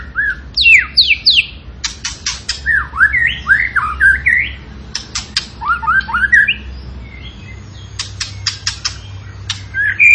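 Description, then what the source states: Tembakan bird song: varied looping whistles interrupted by bursts of rapid dry clicks, repeated throughout. Cage bird training recording (masteran) of a Tembakan bird in energetic, frequent singing form (gacor).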